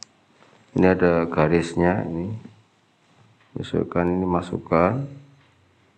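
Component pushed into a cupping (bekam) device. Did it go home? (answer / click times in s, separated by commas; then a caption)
no / none. A component for a cupping (bekam) device is handled during cupping therapy setup, lined up by its guide line, and inserted. Someone talks throughout, with a brief sharp sound right at the start. The part has not yet been pushed home, and nothing has seated or clicked yet.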